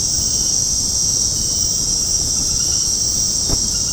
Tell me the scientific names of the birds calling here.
none